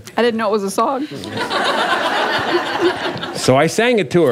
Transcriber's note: laughter